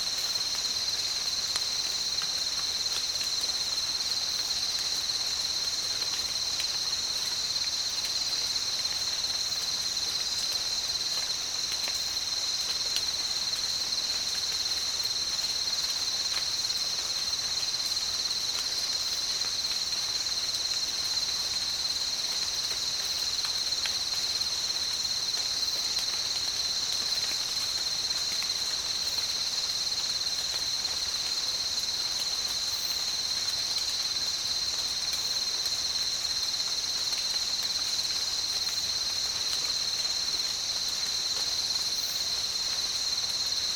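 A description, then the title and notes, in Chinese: Tropical rainforest at night, filled with a steady, dense chorus of crickets and other insects trilling at a high pitch. The shrill buzzing stays constant for the whole stretch, with faint, occasional chirps and a soft low hiss underneath. 大自然的声音-热带雨林。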